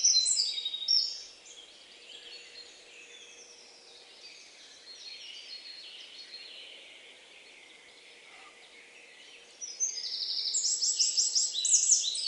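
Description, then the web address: Bird chirping, loud bursts of quick high notes at the start and again near the end, with a long faint stretch between. "Deverinetal 2025 File origin Bird Only"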